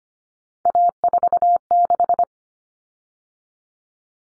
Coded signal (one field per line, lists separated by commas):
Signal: Morse code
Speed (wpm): 25 wpm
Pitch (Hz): 700 Hz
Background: none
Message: A46